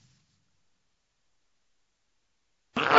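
After a long silence, one sudden loud sneeze bursts out, a sharp, noisy blast that cuts off abruptly at the end.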